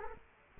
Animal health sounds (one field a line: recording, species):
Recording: mosquito wingbeat signal from an infrared sensor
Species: Culex quinquefasciatus